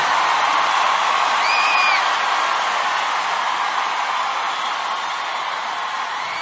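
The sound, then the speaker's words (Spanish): A large crowd at a Christian music concert applauds and cheers loudly in a steady, dense wash of clapping, with a single rising whistle or whoop cutting through early on. “Denle un aplauso fuerte”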